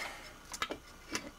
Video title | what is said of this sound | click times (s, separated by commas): Dad rebuilding his Harley Pan Head engine | and you should hear it pop in there there you go there hear that pop that snap okay | 0.6 s, 1.2 s